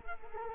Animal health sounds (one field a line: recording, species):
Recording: mosquito wingbeat signal from an infrared sensor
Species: Culex quinquefasciatus